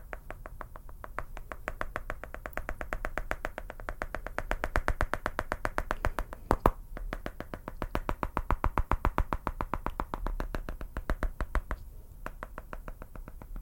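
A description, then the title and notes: Fast tapping runs the whole way through, a dense, rapid stream of crisp, bright clicks at several per second. The pace stays nearly constant, with the taps growing louder in the middle and brief breaks near seven and twelve seconds. ASMR FAST AND AGGRESSIVE TRIGGERS NO TALKING. TAPPING.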